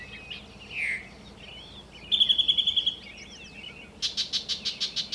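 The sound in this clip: Bird song with a slurred whistle, a rapid high trill, squeaky twittering phrases and a closing run of evenly spaced sharp notes.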